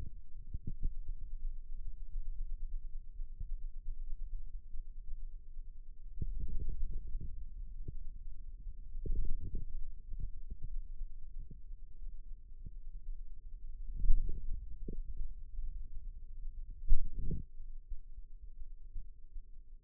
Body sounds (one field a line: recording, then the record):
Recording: forearm muscle sounds (acoustic myography)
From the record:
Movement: radial deviation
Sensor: system 2, bracelet of six BSWA MPA416 microphones around the upper forearm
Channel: 4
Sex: male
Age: 22 years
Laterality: right